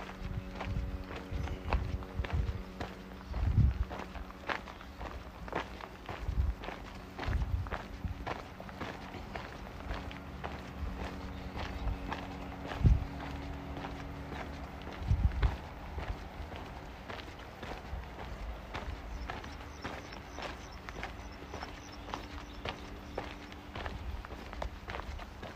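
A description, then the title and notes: Walking in Modiin, Israel, with steady footsteps thudding at a regular pace throughout. A low hum and steady tones sit underneath, and sharper knocks stand out near 4, 6.5, 13 and 15 seconds, with a faint high whine appearing around 20 seconds. City Park Sounds. Walking In Modiin, Israel.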